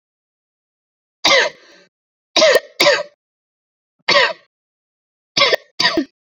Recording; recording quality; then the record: heavy voluntary cough; excellent, no background noise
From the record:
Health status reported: exposed to COVID-19, no respiratory illness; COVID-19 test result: negative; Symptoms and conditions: loss of smell and taste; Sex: female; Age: 30 years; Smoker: not ticked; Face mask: not worn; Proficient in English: yes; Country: India